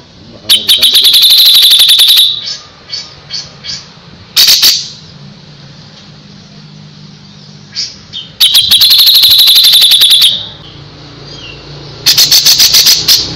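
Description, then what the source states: Grey-cheeked bulbul song: several bouts of rapid, piercing repeated notes, with soft isolated calls between them. Masteran song used to train other birds.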